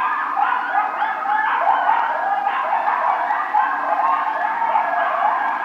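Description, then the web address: Coyotes yipping and howling together, a dense chorus of overlapping wavering, quavering cries that continues without a break for the whole stretch. Coyote howling, recorded 2 March 2010. "Coyote 2010 03 02 16 howl"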